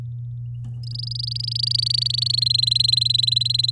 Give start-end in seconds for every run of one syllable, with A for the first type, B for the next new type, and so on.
0.83-2.40 A, 2.41-3.71 B